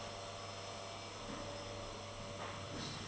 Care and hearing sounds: daily activity, microphone in the room; vacuum cleaning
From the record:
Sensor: 4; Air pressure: 1000.9 hPa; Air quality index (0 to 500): 138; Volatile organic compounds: 2 ppm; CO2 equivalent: 1024 ppm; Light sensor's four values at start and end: 29/69/29/31 and 29/69/29/31

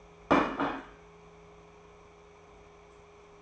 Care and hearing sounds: daily activity, microphone in the room; place plate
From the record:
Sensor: 1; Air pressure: 1015.1 hPa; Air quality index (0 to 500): 200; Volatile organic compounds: 25 ppm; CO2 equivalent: 2836 ppm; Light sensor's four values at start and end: 27/65/28/33 and 27/66/28/34

